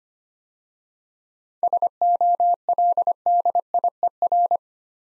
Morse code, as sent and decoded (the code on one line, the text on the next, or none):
... --- .-.. -.. .. . .-.
SOLDIER